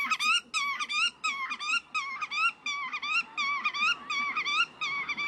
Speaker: Ja, sinds 2015 is het de grutto, is het wat je hoorde.